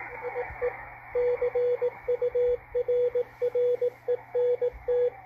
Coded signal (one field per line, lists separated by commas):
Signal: Morse code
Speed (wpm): 18 wpm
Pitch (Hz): 490 Hz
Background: radio noise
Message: IE CURRENT